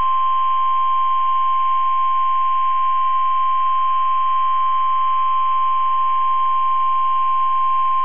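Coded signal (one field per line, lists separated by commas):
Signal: Emergency Alert System (SAME) tones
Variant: 1050 Hz attention tone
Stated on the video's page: Weather radio hurricane and tropical storm warnings recorded via stream from 162.550 MHz, 1 kW transmitter at Ruskin, Florida.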